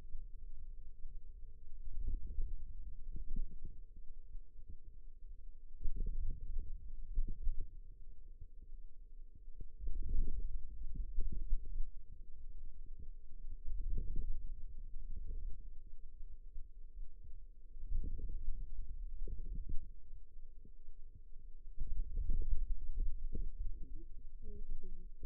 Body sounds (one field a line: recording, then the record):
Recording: forearm muscle sounds (acoustic myography)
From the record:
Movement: ulnar deviation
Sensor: system 2, bracelet of six BSWA MPA416 microphones around the upper forearm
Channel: 3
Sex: female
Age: 21 years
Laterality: right